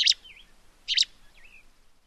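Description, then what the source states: Gray Flycatcher song as two chirrup notes under a second apart, with faint wavering whistles between and after them. Song of two parts, a chirrup and a tweep, whose order can vary.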